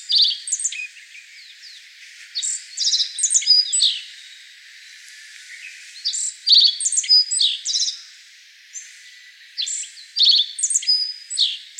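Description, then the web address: Black-faced bunting repeating varied phrases of high, tinkling, slightly buzzy notes, with a new phrase about every three to four seconds. Recorded 25 May 2013. "birdenaga aoji S 130525"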